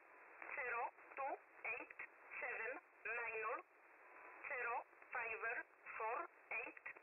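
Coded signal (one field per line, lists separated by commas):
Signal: numbers station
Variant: E11, English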